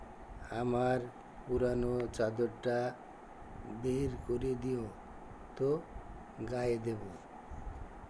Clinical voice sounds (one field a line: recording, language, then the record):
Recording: elicited speech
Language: Bengali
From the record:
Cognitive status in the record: dementia